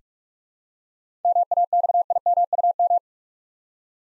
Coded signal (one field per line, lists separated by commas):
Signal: Morse code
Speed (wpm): 41 wpm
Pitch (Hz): 700 Hz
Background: none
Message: MAXIMUM